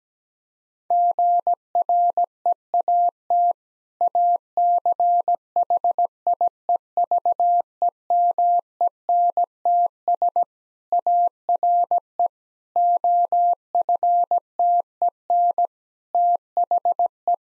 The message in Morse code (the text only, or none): GREAT ACHIEVEMENTS ARE OFTEN THE